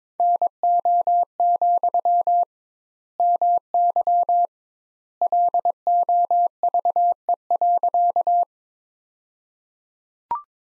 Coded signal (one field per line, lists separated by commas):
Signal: Morse code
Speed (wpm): 22 wpm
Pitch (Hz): 700 Hz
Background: none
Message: NO, MY LOVE.